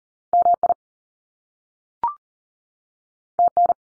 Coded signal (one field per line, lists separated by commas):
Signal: Morse code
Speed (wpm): 40 wpm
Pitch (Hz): 700 Hz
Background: none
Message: MI TN